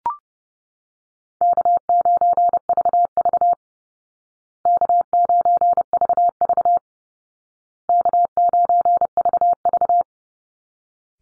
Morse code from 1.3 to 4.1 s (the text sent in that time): K9VV